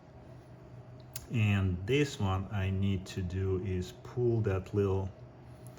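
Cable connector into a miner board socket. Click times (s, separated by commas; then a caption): 1.2 s. A cable connector on an ASIC miner is pushed into its socket until its latch snaps, giving a sharp click at 1.2 s that confirms it is seated. Someone then talks over a low background hum, and a faint tick follows near the end.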